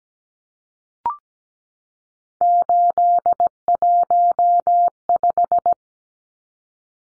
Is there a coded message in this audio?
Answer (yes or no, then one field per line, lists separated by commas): yes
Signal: Morse code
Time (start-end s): 2.4-5.7 s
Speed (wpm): 17 wpm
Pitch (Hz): 700 Hz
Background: none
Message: 815